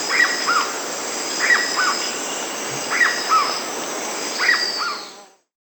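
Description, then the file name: Black-bellied cuckoo repeating a doubled call, high clipped note then lower falling note, four times before the sound fades, with continuous high insect buzzing behind. Brazil and Bolivia. "Black-bellied Cuckoo (Piaya melanogaster), Brazil, Bolivia"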